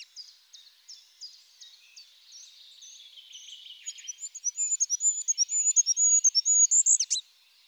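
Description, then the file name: Goldcrest song, a fast run of very high, thin, rhythmically repeated notes that builds in loudness and closes with a brief twittering flourish. Stereo recording. "ROITELET HUPPE ORIGINAL STEREO VERITABLE"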